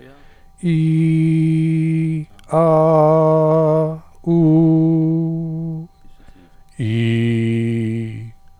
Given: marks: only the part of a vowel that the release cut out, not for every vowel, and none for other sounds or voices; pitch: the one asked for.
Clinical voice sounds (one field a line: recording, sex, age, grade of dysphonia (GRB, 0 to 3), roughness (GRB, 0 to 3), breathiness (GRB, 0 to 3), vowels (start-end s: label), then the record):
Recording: sustained vowels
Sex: male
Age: 40 to 49 years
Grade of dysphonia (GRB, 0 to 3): 0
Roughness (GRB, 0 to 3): 0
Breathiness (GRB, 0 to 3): 0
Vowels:
0.75-2.07 s: vowel /i/, high pitch
2.67-3.78 s: vowel /a/, high pitch
4.32-5.44 s: vowel /u/, high pitch
6.90-8.01 s: vowel /i/, low pitch
From the record:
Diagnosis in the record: healthy voice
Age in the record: 48 years